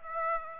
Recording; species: mosquito wingbeat signal from an infrared sensor; Aedes aegypti